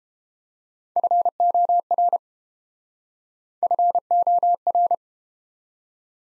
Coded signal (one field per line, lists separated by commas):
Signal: Morse code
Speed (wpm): 32 wpm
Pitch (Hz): 700 Hz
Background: none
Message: FOR FOR